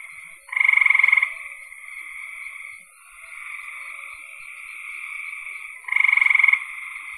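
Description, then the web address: Frog giving two loud, rapidly pulsed rattling croaks about five seconds apart over a constant droning chorus of other frogs. "cn frogs"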